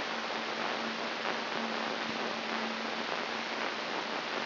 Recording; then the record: brain microelectrode recording played as sound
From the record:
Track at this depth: inside the subthalamic nucleus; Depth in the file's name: 4.34 mm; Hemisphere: right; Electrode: 3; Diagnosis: Parkinson's disease